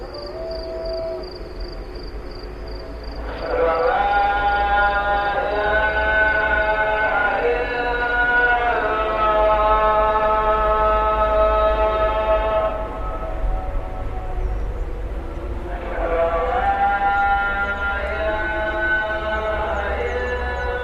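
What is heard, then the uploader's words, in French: Birdsong from Andavadoaka rises in two long stretches of dense, overlapping whistled notes, the first running from about four to twelve seconds and the second starting near sixteen seconds. Beneath it a steady low rumble continues, and a thin high tone is heard at the start. Chant des oiseaux d’Andavadoaka.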